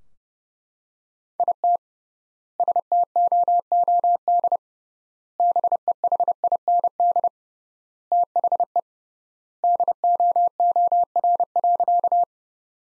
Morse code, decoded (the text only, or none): IT STOOD BEHIND THE DOOR.